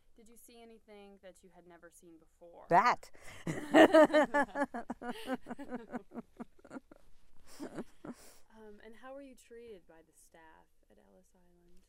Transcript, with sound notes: Did you see anything that you had never seen before?
That. (she laughs)
And how were you treated by the staff at Ellis Island?